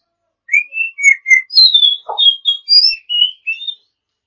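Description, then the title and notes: Oriental magpie-robin song, a quick run of whistled notes that climb and dip, with a brief lower rasping sound partway through. Song of a champion bird. "Kicau Burung Kacer Juara. Suara Kicauan Burung Kacer Juara"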